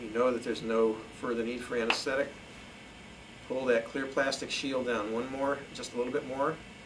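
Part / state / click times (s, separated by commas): plastic safety shield on dental syringe barrel / not seated / none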